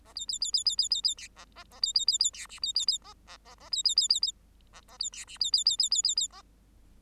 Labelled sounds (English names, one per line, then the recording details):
Bengalese Finch song
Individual Bird8